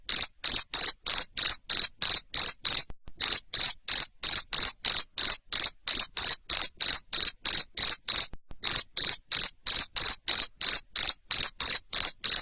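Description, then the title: Cricket chirping, loud short pulses repeated about three times a second in a steady run, with two brief pauses partway through. Loud cricket chirping played to stimulate lovebirds so they keep singing in the 'ngekek' style. "Suara JANGKRIK NGERIK Keras Bikin LOVEBIRD Jadi NGEKEK Terus Vubey"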